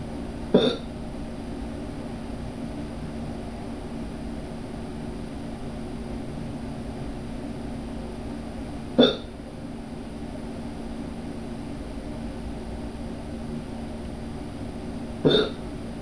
Hiccups.